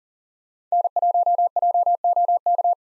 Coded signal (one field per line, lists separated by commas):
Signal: Morse code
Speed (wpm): 40 wpm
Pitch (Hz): 700 Hz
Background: none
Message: N1JOK